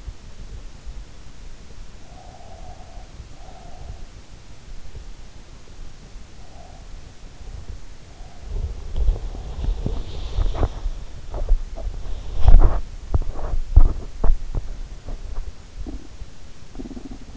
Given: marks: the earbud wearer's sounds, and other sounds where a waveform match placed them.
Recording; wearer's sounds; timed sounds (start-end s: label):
sounds in sleep by an in-ear microphone; breath, body movement
1.47-4.25 s: breath
7.55-17.37 s: body movement